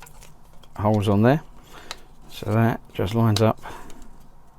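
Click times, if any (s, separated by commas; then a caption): none. A kit part for a DeAgostini R2-D2 model (plastic/metal kit) is lined up with the small hexagonal holes on the rear body section of the model robot, while someone talks over faint handling taps and rustles. The part is only being positioned; nothing has seated or clicked yet.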